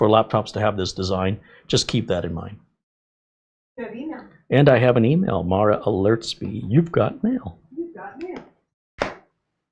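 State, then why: Seated. Someone talks while reassembling a Nimo N151 laptop, then presses its plastic bottom cover, which was not fully clipped, down onto the chassis. A short thunk-like snap is heard at 9.0 s as the cover clips into place. It is seated, and the screw holes only line up once that click is heard.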